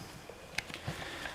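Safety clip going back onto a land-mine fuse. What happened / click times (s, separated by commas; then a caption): The safety clip snapped back on / 0.6 s. A land-mine fuse is flipped over and its safety clip is pushed back on, giving one sharp tick at 0.6 s over a quiet background. The safety clip snaps back into place and is seated.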